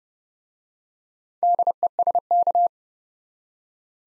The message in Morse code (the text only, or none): DESK